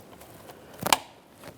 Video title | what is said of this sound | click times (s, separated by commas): How to Replace Spark Plugs 2012-2018 Nissan Maxima 3.5L V6 | After that, you can lock it down along the front. | 0.9 s